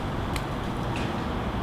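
A spring locking pin, a metal pin and clip, is unclipped from the neck of an N2itive RSX-1 adjustable suspension lowering link to change its setting. It gives a single sharp click at 0.4 s over a steady background rumble, and the pin comes out, releasing the link.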